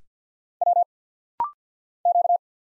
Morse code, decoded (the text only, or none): W Q